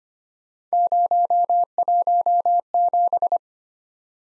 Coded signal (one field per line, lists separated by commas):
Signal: Morse code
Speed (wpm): 25 wpm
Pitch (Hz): 700 Hz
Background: none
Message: 017